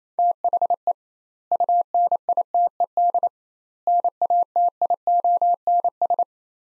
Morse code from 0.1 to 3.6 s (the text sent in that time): THE UNITED